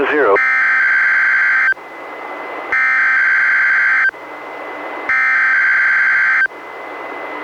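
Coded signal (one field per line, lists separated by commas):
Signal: Emergency Alert System (SAME) tones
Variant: header bursts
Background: speech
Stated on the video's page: Required Weekly Tests relayed by a NOAA Weather Radio station, recorded from a Reecom R-1630 weather radio through a Zoom H1 audio recorder.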